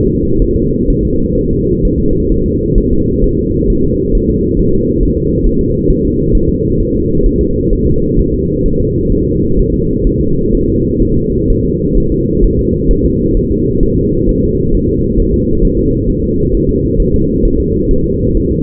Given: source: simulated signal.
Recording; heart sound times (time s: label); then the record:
fetal heart sounds
0.07 s: S2
0.42 s: S1
0.56 s: S2
0.90 s: S1
1.05 s: S2
1.38 s: S1
1.53 s: S2
1.85 s: S1
2.00 s: S2
2.32 s: S1
2.46 s: S2
2.78 s: S1
2.93 s: S2
3.24 s: S1
3.39 s: S2
3.70 s: S1
3.84 s: S2
4.15 s: S1
4.30 s: S2
4.59 s: S1
4.74 s: S2
5.03 s: S1
5.18 s: S2
5.47 s: S1
5.61 s: S2
5.90 s: S1
6.05 s: S2
6.35 s: S1
6.49 s: S2
6.80 s: S1
6.95 s: S2
7.26 s: S1
7.41 s: S2
7.73 s: S1
7.87 s: S2
8.19 s: S1
8.34 s: S2
8.66 s: S1
8.80 s: S2
9.12 s: S1
9.27 s: S2
9.59 s: S1
9.74 s: S2
10.07 s: S1
10.21 s: S2
10.55 s: S1
10.69 s: S2
11.03 s: S1
11.17 s: S2
11.50 s: S1
11.65 s: S2
11.98 s: S1
12.12 s: S2
12.44 s: S1
12.59 s: S2
12.91 s: S1
13.05 s: S2
13.37 s: S1
13.52 s: S2
13.83 s: S1
13.98 s: S2
14.29 s: S1
14.43 s: S2
14.74 s: S1
14.89 s: S2
15.20 s: S1
15.34 s: S2
15.65 s: S1
15.79 s: S2
16.09 s: S1
16.24 s: S2
16.55 s: S1
16.69 s: S2
17.00 s: S1
17.14 s: S2
17.45 s: S1
17.60 s: S2
17.91 s: S1
18.06 s: S2
18.37 s: S1
18.52 s: S2
From the record:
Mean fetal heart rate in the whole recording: 130 bpm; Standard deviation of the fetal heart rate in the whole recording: 4 bpm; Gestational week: 38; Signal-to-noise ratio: -15.3 dB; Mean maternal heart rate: 72 bpm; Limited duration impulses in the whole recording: present